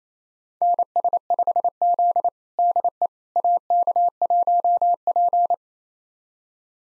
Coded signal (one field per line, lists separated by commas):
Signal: Morse code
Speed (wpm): 27 wpm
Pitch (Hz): 700 Hz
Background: none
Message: NS5Z DE AK1P